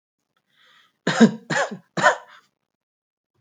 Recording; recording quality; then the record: shallow voluntary cough; excellent, no background noise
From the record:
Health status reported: healthy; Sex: male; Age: 30 years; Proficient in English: yes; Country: India